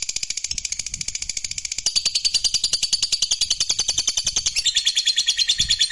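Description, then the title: Lovebird pouring out a continuous high trill of fast, even pulses that grows louder after the first two seconds and keeps going without a pause. Fighter lovebird giving a long ngekek. "Begitu Dengar Suara Lovebird FIGHTER NGEKEK PANJANG"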